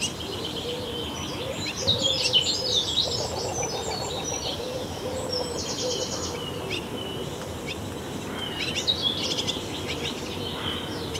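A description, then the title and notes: Busy morning birdsong around a nest box, with bright chirps and quick trills layered over each other almost without pause. Louder bursts of calling come near the start and again toward the end. A low, steady background rumble runs underneath throughout. Busy morning birds around a bird nest box at a Danish summer cottage. Just before sunrise, parent birds start looking for food to their hungry chicks in the bird nest box at the cottage wall. While the bird chicks are crying for food, their parents fly back and forth to the bird nest box with something to eat.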